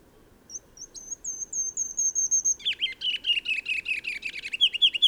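Bird song beginning quietly with a row of thin, evenly spaced high notes, then switching to a loud, fast chatter of lower, buzzy chirps.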